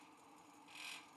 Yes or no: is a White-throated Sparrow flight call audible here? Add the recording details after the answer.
no. No flight call is heard. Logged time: 06:37 on 5 December 2014